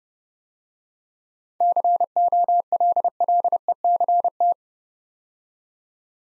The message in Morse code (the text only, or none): COLLECT